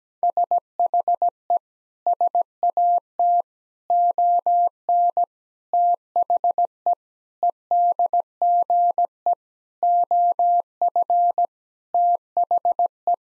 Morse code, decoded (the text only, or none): SHE SAT ON THE EDGE OF THE